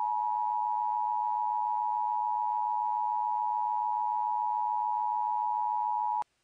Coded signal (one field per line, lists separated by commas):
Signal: Emergency Alert System (SAME) tones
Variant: 853 and 960 Hz attention tone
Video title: EAS Scenario - South Dakota Blizzard Warning